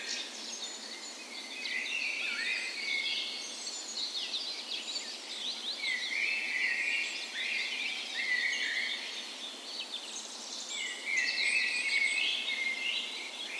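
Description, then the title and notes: Birds: bird dawn chorus, several songbirds singing at once with overlapping whistled phrases and trills, a steady dense mix of high notes with no pauses. Dawn chorus on the morning of 17 May, Norway's National Day, in a park west in Bergen, Norway, in spring; Sony PCM A10 recorder with LOM micro Usi mics as tree ears. "17th Of May Dawn Chorus. Recorded on the morning of Norways National Day the 17th of May in a park west in Bergen. Spring is in full effect, and the dawn chorus sounds wonderful!"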